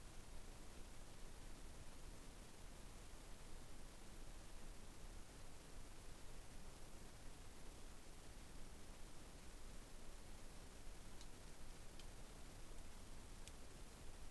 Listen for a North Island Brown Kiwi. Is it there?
no